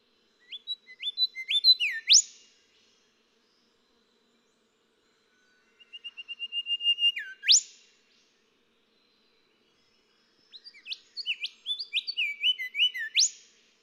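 Golden whistler song in three varied phrases of rising whistled notes, each ending with an emphatic upslurred whipcrack, spaced about four to five seconds apart.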